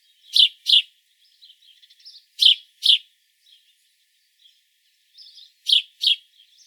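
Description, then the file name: House sparrow calling in loud paired chirps, three pairs spaced a few seconds apart, with soft chattering notes between them. "Passer domesticus"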